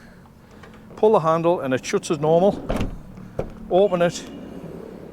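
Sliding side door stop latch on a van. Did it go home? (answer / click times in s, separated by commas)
no / none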